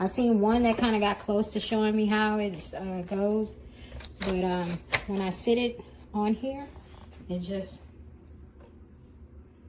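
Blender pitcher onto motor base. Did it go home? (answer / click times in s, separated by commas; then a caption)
no / none. A woman talks while setting the plastic 72 oz dishwasher-safe pitcher of a Ninja NJ601AMZ Professional Blender with a 1000-watt motor onto its motor base, and only a faint brief sound is heard near 8.6 s. The pitcher just rests on the base without latching, so nothing has seated or clicked yet.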